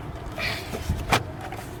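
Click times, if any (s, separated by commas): 1.1 s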